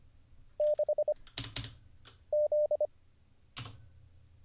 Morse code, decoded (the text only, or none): 6 Z